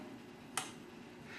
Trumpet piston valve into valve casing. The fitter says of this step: you lock it in place when you hear that click it's locked in place